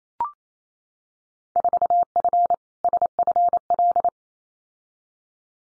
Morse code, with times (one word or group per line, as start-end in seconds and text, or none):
1.6-2.5 4F
2.8-4.1 SFL